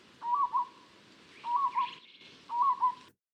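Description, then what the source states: Peaceful Dove calling: three short, soft cooing phrases with trilled notes, spaced about a second apart. Daytime call, contrasted with the curlew's night call.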